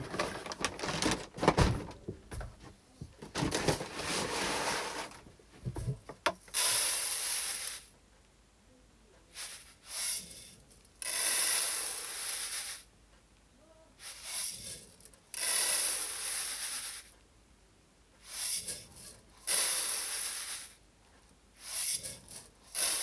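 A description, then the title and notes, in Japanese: Hulled brown rice is being checked by hand after sorting, with grains shaken and poured in repeated bursts of bright, hissy rustling lasting a second or two each. The first six seconds have sharper clicks and knocks; afterward the pouring comes in regular waves separated by brief quiet gaps. 環境音 お米出荷準備(点検)。モミすり後のお米(玄米)を、選別機にかけ、モミの残りや草の実など最終を手作業でチェック。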